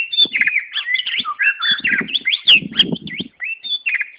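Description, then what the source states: White-rumped shama producing fast high twittering and chattering whistles, with some low thumping and rustling noises in the background. Wild forest bird; its original, natural song.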